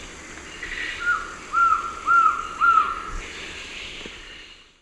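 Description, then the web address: Black-throated trogon call: four soft, even whistles repeated at a steady half-second rhythm, then a faint fading hiss. Recorded in the eastern lowlands of South America. "Natures Songs S America Eastern Lowlands Black-throated Trogon"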